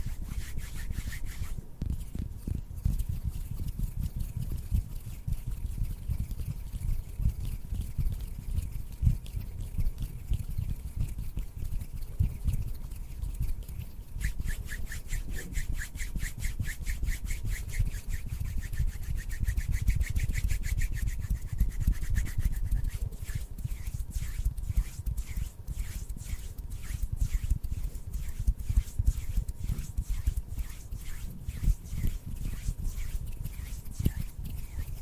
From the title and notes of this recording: TWINS MAKE ASMR HAND SOUNDS NO TALKING. INTENSE HAND SOUNDS ASMR AND HAND MOVEMENTS.